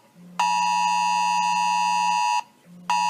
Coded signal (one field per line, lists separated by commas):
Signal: Emergency Alert System (SAME) tones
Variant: 853 and 960 Hz attention tone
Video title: EAS #1772-1773 - Presidential Alert-National EAS and WEA Test 2018 10-3-2018